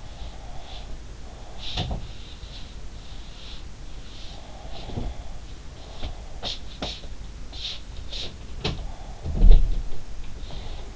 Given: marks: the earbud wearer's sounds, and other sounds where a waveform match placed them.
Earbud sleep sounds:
sounds in sleep by an in-ear microphone; breath
0.00-2.17 s: breath
4.17-6.56 s: breath
8.79-10.95 s: breath

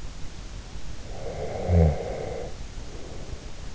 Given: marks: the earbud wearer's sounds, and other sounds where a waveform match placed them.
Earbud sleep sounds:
sounds in sleep by an in-ear microphone; snoring breath
1.01-3.39 s: snoring breath

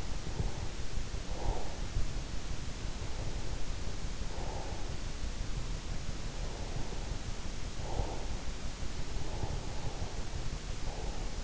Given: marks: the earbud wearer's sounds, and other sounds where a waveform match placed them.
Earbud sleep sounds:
sounds in sleep by an in-ear microphone; breath
0.00-2.33 s: breath
2.85-5.26 s: breath
6.23-8.64 s: breath
8.90-11.43 s: breath

